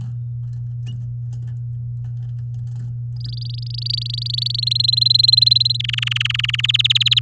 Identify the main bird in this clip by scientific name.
Serinus canaria